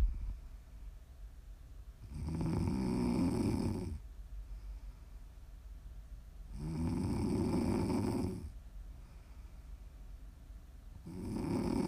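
Three loud, low, rattling snores from an adult come at a steady pace of about 13 a minute, each lasting roughly two seconds, with quiet breathing between them. This is ordinary snoring, offered as ASMR for listeners to sleep, relax or wind down to.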